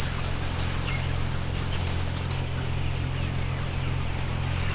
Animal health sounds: poultry house recording; healthy chickens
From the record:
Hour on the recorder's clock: 20

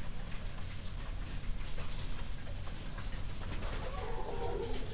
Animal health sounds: poultry house recording; healthy chickens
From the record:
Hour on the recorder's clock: 21

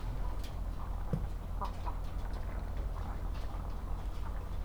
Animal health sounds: poultry house recording; sick chickens (respiratory disease)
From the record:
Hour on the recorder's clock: 8

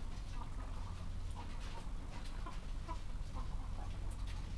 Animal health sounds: poultry house recording; sick chickens (respiratory disease)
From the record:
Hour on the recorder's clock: 15

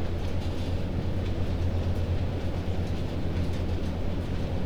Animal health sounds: poultry house recording; no chicken sound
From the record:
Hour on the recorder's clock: 21

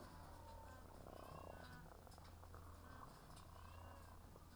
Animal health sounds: poultry house recording; sick chickens (respiratory disease)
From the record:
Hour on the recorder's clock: 18

